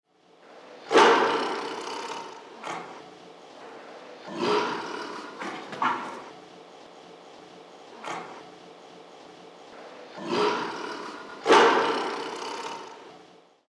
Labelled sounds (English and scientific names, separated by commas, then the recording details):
Tiger (Panthera tigris)
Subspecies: sumatrae
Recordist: Tembrock, Günter
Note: Sumatra-Tiger: Weibchen saß vor dem Männchen, Abwehrstoßlaut, springt vom Liegebett nach unten